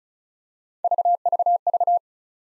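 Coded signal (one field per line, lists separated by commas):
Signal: none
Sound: three short separator beeps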